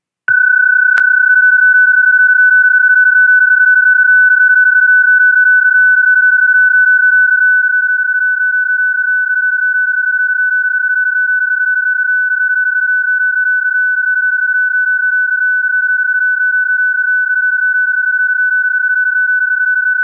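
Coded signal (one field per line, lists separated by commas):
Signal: PSK31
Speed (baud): 31.25 baud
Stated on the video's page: Data modes received on 20 meters.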